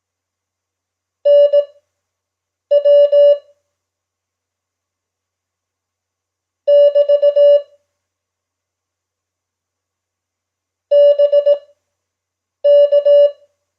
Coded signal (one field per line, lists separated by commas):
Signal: Morse code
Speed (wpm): 18 wpm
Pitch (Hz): 580 Hz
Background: none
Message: NW <BT> BK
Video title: Simulated Morse Code proficiency exam @5wpm